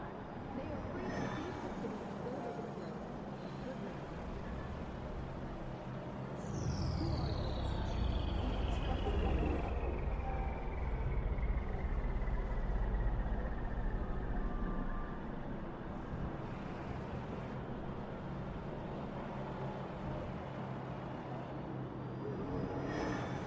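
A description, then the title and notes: City ambience with a steady low traffic rumble, faint voices, and a bright descending whine sweeping down from about six to fifteen seconds. Futuristic city ambience.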